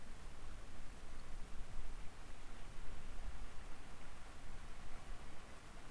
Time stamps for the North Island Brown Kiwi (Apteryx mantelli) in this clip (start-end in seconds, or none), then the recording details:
none. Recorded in New Zealand on 16 October 2015. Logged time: 20:14. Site BM6